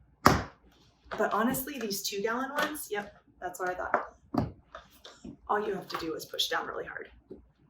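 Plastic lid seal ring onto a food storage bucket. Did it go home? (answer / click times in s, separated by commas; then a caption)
no / none. Someone talks while pushing down hard on the outer seal ring of a plastic lid to press it onto the rim of a two-gallon plastic food storage bucket, with a few sharp knocks heard among the speech. Nothing has seated or snapped into place yet by the end of the clip.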